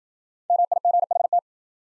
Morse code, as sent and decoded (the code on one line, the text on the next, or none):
-- .. --. .... -
MIGHT